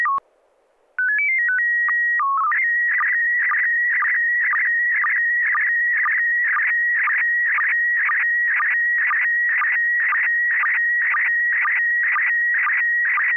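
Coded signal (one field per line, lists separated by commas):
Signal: SSTV (slow-scan television)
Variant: PD 120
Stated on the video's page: SSTV images exchanged on an amateur radio net via FM repeater on 441.300 MHz.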